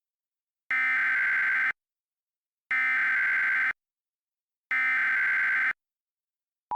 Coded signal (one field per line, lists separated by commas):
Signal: Emergency Alert System (SAME) tones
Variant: header bursts